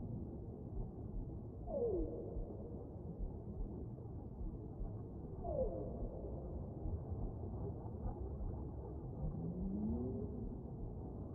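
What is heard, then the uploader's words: Underwater whale sounds off Tonga: a dense, steady low rumble fills the whole clip, cut off above the midrange. Two quick descending whoops stand out near two and five and a half seconds, and slower wavering moans rise and fall toward the end. Full Moon Swimming with Whales in Tonga. Under the sea soundscapes.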